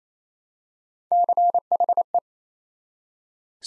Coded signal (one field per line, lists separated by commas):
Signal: Morse code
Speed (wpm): 27 wpm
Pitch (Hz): 700 Hz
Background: none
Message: CHE